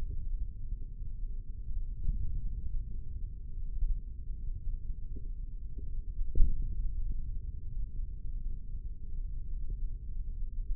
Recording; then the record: forearm muscle sounds (acoustic myography)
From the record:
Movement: index flexion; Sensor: system 3, bracelet of six PUI Audio POM-2738L microphones around the upper forearm, with dedicated amplification and filtering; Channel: 5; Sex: male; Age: 55 years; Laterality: right